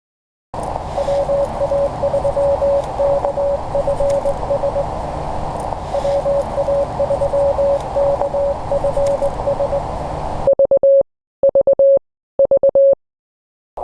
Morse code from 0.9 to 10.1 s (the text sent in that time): WA3KFS WA3KFS